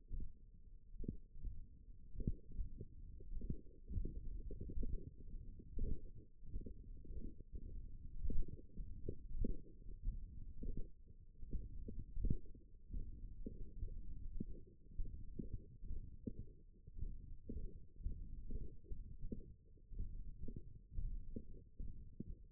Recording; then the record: forearm muscle sounds (acoustic myography)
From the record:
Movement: finger pinch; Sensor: system 1, eight BSWA MPA416 microphones around the upper forearm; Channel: 7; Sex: male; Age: 21 years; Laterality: right